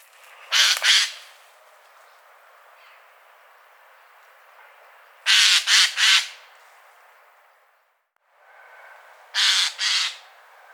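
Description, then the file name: Eurasian jay giving harsh, rasping screeches in two- or three-part bursts, three bursts spread over about ten seconds, with faint hiss between them. "Garrulus glandarius"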